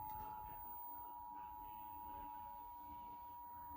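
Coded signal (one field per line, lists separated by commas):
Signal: Emergency Alert System (SAME) tones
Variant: 853 and 960 Hz attention tone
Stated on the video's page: EAS alert sent by the California Highway Patrol, received in Sacramento.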